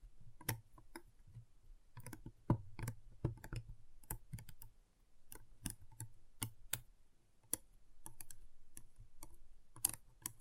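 Magnetic pieces snap and click together in quick, irregular bursts, each a sharp bright tick over a soft low thud. The clicks come in clusters of two or three, busier in the first few seconds and sparser later, with a faint low hum between them.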